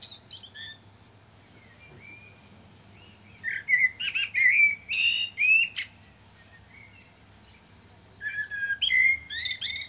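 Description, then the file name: Common blackbird song: mellow whistled phrases with high squeaky notes, mostly in the middle, and a further phrase after a quiet gap. "Turdus merula"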